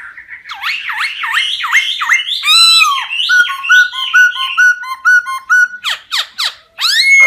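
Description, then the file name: Laughingthrush song starting with rapid harsh downslurred notes, followed by a run of clear repeated whistles and ending with sharp downward sweeps. Song described as 'giong rung', wild voice style. "Tieng khuou hot giong rung"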